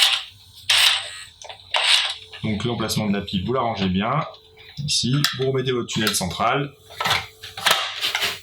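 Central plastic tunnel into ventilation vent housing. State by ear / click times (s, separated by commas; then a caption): seated / 8.1 s. Someone talks while the central plastic tunnel piece of an Aldes Bahia Curve Cuisine Push humidity-controlled ventilation vent is put back into the vent housing, with a few handling knocks along the way. A short click at 8.2 s marks the tunnel clipping into place, seated and well positioned.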